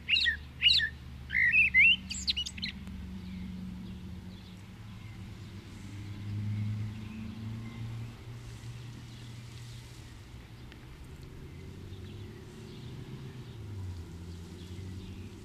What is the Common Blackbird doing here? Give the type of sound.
song